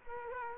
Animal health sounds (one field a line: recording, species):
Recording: mosquito wingbeat signal from an infrared sensor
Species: Culex quinquefasciatus